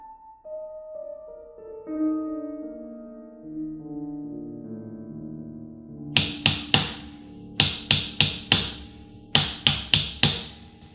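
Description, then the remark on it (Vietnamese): A descending run of soft musical notes fades out, then sharp, hurried knocks on a house door in the middle of the night come in three rapid bursts of three to four raps each, loud and insistent. “Tiếng gõ bên ngoài càng dồn dập.”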